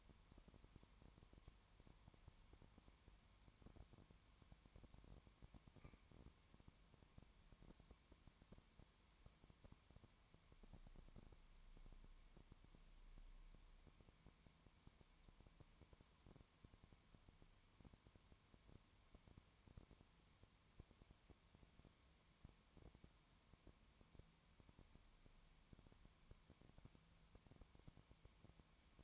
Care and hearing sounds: daily activity, microphone in the room; no activity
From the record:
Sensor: 3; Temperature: 20.1 degrees Celsius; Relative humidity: 31.4%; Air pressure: 1001.2 hPa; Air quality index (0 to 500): 74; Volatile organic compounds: 1 ppm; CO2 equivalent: 695 ppm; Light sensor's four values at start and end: 2/3/2/2 and 2/3/2/2

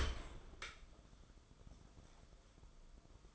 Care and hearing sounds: daily activity, microphone in the room; open dishwasher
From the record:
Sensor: 5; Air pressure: 994.5 hPa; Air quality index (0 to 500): 195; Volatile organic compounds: 1000 ppm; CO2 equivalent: 5761 ppm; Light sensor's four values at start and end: 39/122/47/50 and 40/124/48/51

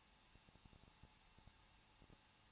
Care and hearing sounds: daily activity, microphone in the room; no activity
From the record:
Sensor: 1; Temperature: 20.1 degrees Celsius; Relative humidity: 39.1%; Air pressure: 1006.5 hPa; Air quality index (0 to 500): 216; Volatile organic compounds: 73 ppm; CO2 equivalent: 3545 ppm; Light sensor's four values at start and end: 1/2/1/1 and 1/2/1/1

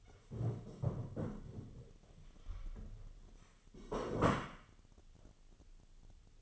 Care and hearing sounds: daily activity, microphone in the room; stand up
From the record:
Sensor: 4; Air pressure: 1016.1 hPa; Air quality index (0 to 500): 165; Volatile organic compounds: 6 ppm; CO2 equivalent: 1875 ppm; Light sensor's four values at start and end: 9/20/8/7 and 9/20/8/7

